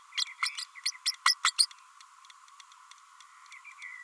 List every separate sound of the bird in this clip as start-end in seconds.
0.17-0.25, 0.43-0.49, 0.57-0.64, 0.85-0.91, 1.05-1.12, 1.25-1.34, 1.44-1.51, 1.58-1.66